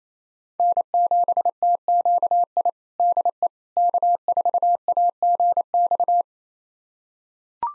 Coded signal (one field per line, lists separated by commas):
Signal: Morse code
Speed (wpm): 28 wpm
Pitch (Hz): 700 Hz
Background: none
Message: N7TQI DE K4AGX